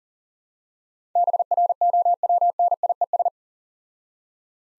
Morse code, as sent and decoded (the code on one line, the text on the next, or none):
-... .-. --- .-- -. .. . ...
BROWNIES